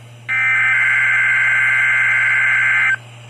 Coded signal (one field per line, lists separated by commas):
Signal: Emergency Alert System (SAME) tones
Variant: header bursts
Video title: RWT 9-18-24 (EAS 19)